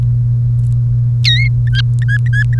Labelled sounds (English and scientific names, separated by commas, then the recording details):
Domestic Canary (Serinus canaria) song
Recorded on 1 May 2018 at 11:30
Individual llb3